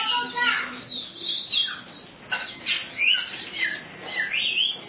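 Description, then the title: Oriental magpie-robin song, a busy stream of varied whistled and scratchy notes, rising and falling phrases in quick succession with brief pauses between bursts. "Kacer"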